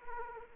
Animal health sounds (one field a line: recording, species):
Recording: mosquito wingbeat signal from an infrared sensor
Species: Anopheles arabiensis